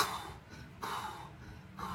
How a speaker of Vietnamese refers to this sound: những tiếng thở gấp liên tục vang lên. Ông chạy đầu trọc dẫn đầu những thành phần cốt cán của trấn lao như điên về phía trước.